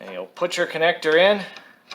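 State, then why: Not seated. Someone talks while handling a wiring harness connector to push it onto a new Whirlpool W10112532 temperature selector switch on a direct-drive washer, with a short handling sound near 1.9 s. The connector has not seated or clicked yet.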